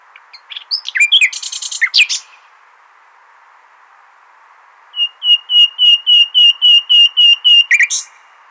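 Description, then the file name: Common nightingale song: a rapid rattling phrase, a pause, then a steady series of about a dozen clear, repeated whistled notes. "Luscinia megarhynchos"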